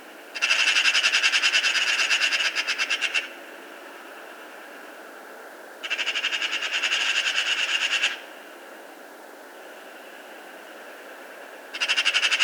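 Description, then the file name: Eurasian magpie producing three bursts of loud, grating rattle, the first two each about two to three seconds long and the last cut off at the end, separated by quiet gaps of a few seconds. "Pica pica"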